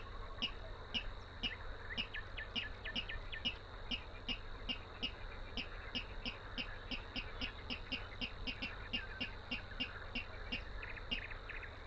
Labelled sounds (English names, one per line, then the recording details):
Water Rail song
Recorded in the wild
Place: Teerofenbrücke, Nationalpark Unteres Odertal, Brandenburg, DE
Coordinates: 53.1461, 14.3639
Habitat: wetland
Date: 2013-05-04 22:55
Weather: clear, windless, 5°C
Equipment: Sound Devices 702, Sennheiser MKH 70, Rycote Windschutz
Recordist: Frommolt, Karl-Heinz